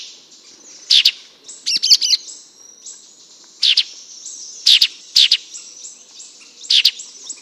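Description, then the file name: Sultan tit giving sharp, rasping double notes at irregular intervals, with one quick stuttered chatter early on. "melanochlora sultanea"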